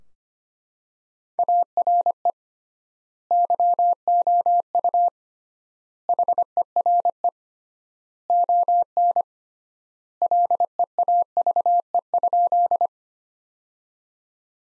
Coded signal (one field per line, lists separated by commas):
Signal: Morse code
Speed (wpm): 25 wpm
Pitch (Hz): 700 Hz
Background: none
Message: ARE YOU HERE ON LEAVE?